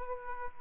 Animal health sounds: mosquito wingbeat signal from an infrared sensor; Aedes aegypti

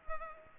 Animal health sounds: mosquito wingbeat signal from an infrared sensor; Culex pipiens

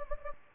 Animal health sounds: mosquito wingbeat signal from an infrared sensor; Anopheles gambiae

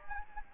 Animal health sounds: mosquito wingbeat signal from an infrared sensor; Anopheles gambiae

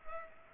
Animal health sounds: mosquito wingbeat signal from an infrared sensor; Culex pipiens

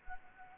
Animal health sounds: mosquito wingbeat signal from an infrared sensor; Anopheles gambiae

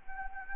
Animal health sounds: mosquito wingbeat signal from an infrared sensor; Anopheles gambiae

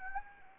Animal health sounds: mosquito wingbeat signal from an infrared sensor; Anopheles arabiensis

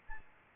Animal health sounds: mosquito wingbeat signal from an infrared sensor; Aedes albopictus

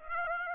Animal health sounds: mosquito wingbeat signal from an infrared sensor; Aedes aegypti

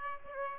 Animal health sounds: mosquito wingbeat signal from an infrared sensor; Aedes aegypti

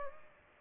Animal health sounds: mosquito wingbeat signal from an infrared sensor; Aedes aegypti

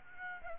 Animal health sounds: mosquito wingbeat signal from an infrared sensor; Aedes aegypti

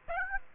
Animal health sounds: mosquito wingbeat signal from an infrared sensor; Aedes aegypti

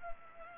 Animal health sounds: mosquito wingbeat signal from an infrared sensor; Culex pipiens

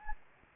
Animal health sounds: mosquito wingbeat signal from an infrared sensor; Anopheles gambiae

